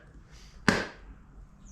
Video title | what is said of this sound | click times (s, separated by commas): Brightening Up The Valkyrie | see it it snaps right into place | 0.7 s